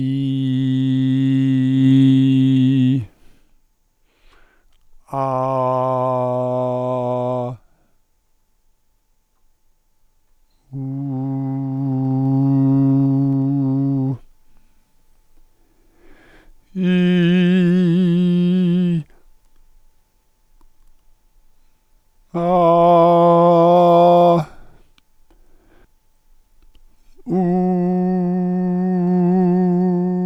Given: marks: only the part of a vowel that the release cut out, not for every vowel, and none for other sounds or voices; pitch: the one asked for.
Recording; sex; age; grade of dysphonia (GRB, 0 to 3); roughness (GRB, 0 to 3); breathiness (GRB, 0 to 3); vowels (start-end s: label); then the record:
sustained vowels; male; 60 to 69 years; 0; 0; 0
0.00-1.73 s: vowel /i/, normal pitch
5.33-7.29 s: vowel /a/, normal pitch
11.83-13.83 s: vowel /u/, normal pitch
16.92-18.86 s: vowel /i/, high pitch
22.44-24.32 s: vowel /a/, high pitch
27.87-29.83 s: vowel /u/, high pitch
From the record:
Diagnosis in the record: healthy voice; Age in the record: 63 years